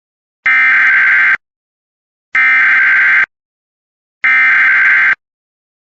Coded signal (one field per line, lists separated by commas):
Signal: Emergency Alert System (SAME) tones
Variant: header bursts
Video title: EAS fire warning for yavapavi, Arizona (set level, go level, and safe to return message)